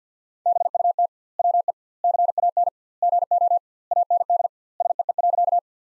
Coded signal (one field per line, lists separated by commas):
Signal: Morse code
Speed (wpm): 50 wpm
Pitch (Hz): 700 Hz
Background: none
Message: BUT WE CAN GO AND SEE.